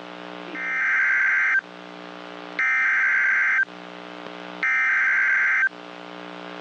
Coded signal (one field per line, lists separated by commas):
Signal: Emergency Alert System (SAME) tones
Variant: header bursts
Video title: EAS 2204-2214 (3/16/23)